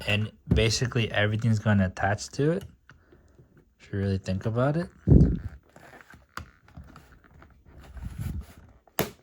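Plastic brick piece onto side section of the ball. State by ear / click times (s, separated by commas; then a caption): seated / 9.0 s. Someone talks while pressing a plastic building-brick piece onto the side section of the ball in a MEGA Pokémon Jumbo Poké Ball set, with faint handling taps along the way. A sharp, loud click at 9.0 s marks the piece seating firmly into place.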